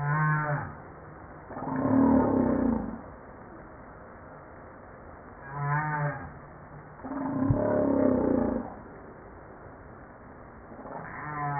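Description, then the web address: Humpback whale song, rougher pulsed groans and low buzzing units alternating with brief rippling notes, in several phrases. From a JASA 2013 publication set. "pub JASA 2013 Blue Bowhead Fin Humpback Southern Right Whale humpback-01 940305"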